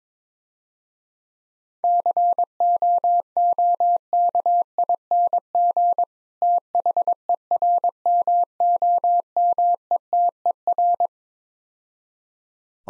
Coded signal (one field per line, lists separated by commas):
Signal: Morse code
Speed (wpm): 22 wpm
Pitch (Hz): 700 Hz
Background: none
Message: COOKING THERMOMETER